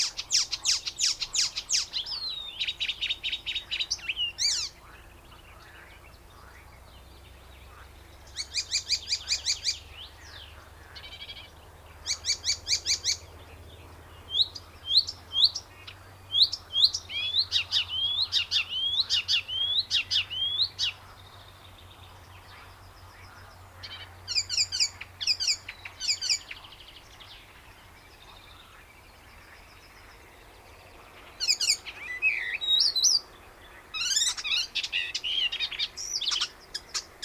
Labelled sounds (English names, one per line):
Icterine Warbler